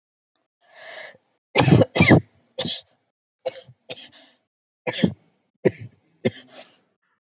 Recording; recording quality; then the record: heavy voluntary cough; excellent, no background noise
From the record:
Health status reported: healthy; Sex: female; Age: 23 years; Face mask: not worn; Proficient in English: yes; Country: India